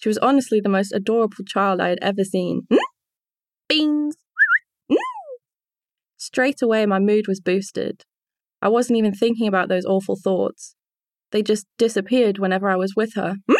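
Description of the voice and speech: Smooth, fluent adult female narration of her own memoir breaks off mid-passage for a held tonal hum, squeaky rising and falling vocal glides, a sudden shouted "Beans!" and a brief hum before reading resumes normally. These abrupt, out-of-context sounds are involuntary vocal tics of Tourette syndrome.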